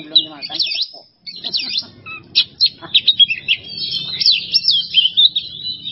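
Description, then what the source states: Oriental magpie-robin song: looping rising-and-falling whistles and fast chips over a steady low hum, with a short lower harmonic call early on. Masteran training recording for songbirds; song style called "bongkar isian", with the bird in an excited ("emosi") state.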